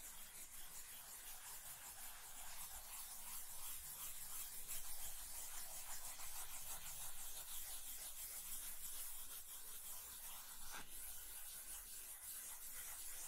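Scratching and tracing across a surface, a steady dense rasp of fine, rapid strokes that sounds like rubbing or sanding. The hiss stays bright and even throughout, with a slight swell around the middle and one sharper scrape near the eleven-second mark.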